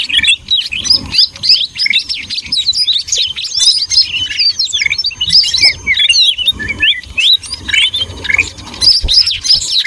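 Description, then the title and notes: Birds calling all at once: bright, fast chirps and little trills crowd together in a continuous, restless chatter that barely pauses. Noisy bird chatter used for luring (pikat) birds. "Master Burung Ribut. Burung Ribut Pikat"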